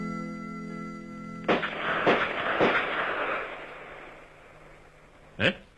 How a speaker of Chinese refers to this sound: 早晨，当迷人的秋天的阳光还没有爬上千家万户的窗台时，803就带领他的部下刑警队员开赴靶场实弹练习。清脆的枪声划破了万里晴空。